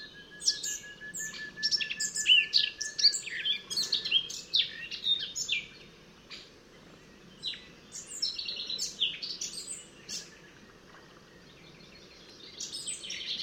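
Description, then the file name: Eurasian blackcap delivering a busy, scratchy warble with bright whistles, fading briefly before resuming; a long steady thin tone sounds early on, and low background noise persists. "Sylvia atricapilla"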